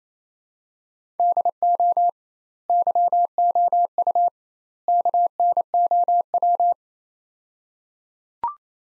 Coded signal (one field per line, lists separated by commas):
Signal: Morse code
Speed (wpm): 27 wpm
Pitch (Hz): 700 Hz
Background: none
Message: DO YOU KNOW